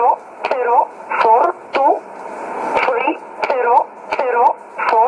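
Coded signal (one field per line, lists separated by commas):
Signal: numbers station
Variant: E11 Oblique, English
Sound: voice reading single digits at an even pace, about seven words, mostly "five"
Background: radio static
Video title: 14 02 2017 Numbers station E11 Oblique in English to Eu 1051 on 12153 in USB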